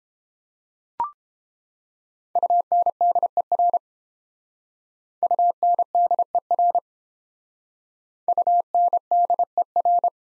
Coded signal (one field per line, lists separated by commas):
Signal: Morse code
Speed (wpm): 32 wpm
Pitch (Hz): 700 Hz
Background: none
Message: UNDER UNDER UNDER